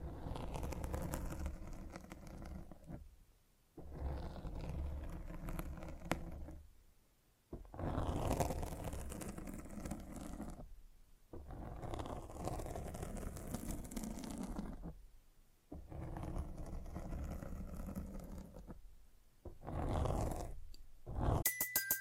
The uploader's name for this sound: Mic Scratching